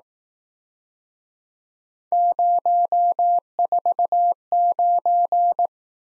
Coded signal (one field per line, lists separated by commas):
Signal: Morse code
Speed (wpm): 19 wpm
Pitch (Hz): 700 Hz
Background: none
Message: 049